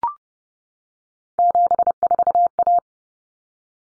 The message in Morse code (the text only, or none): 74A